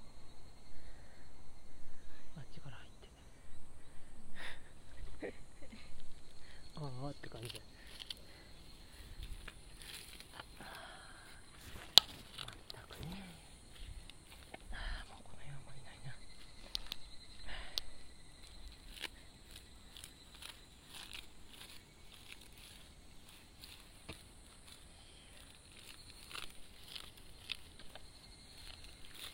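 Hand weeding in a rice paddy: irregular splashes, swishes and sharp clicks as plants are pulled and stirred in wet ground, busiest in the first eighteen seconds, then sparser. A steady, thin high hum of insects runs throughout, with faint murmurs near seconds 6 and 13.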